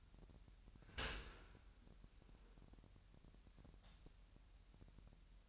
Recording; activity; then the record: daily activity, microphone in the room; open dishwasher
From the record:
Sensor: 2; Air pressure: 998.1 hPa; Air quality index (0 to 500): 148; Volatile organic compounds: 4 ppm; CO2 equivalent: 1678 ppm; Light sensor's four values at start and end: 10/29/12/11 and 10/29/12/11